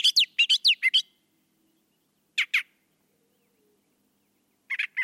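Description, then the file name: Brown thrasher song: a rapid run of several chirpy notes, then a doubled phrase, then another short burst after a pause. "suara kicauan brown thrasher. omkicau"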